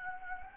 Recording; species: mosquito wingbeat signal from an infrared sensor; Anopheles gambiae